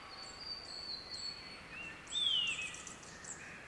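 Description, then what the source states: Birds: a bird chorus with long thin high whistles, then a loud descending whistled slur at midway followed by short high trills, over a constant hiss. Chorus of several birds, Central Victoria, Australia.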